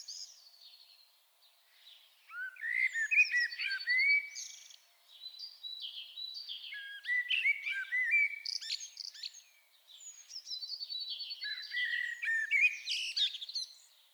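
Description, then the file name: Common blackbird singing several mellow, fluted phrases, each trailing into thin, high-pitched twittering notes, separated by brief gaps. "Turdus merula"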